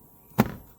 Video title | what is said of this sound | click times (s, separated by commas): Focus RS mk3 / LZ ST Steering wheel replacement step by step by OEM Denied Performance | that just clicks in so remember that bit has to hook into something at the back | 0.4 s